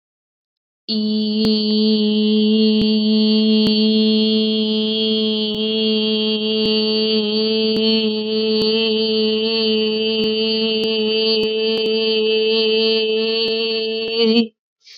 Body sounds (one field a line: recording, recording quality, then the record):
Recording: sustained vowel as in beet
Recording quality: excellent, no background noise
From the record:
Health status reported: COVID-19 positive, mild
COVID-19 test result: positive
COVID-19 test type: RT-PCR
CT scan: not taken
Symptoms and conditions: cough, sore throat, fever, fatigue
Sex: female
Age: 24 years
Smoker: no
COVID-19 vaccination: both doses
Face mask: not worn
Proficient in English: yes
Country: India